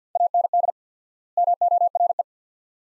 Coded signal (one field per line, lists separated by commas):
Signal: Morse code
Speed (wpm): 50 wpm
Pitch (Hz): 700 Hz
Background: none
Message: AND MORE